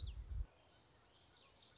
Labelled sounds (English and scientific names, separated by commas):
Common Yellowthroat (Geothlypis trichas)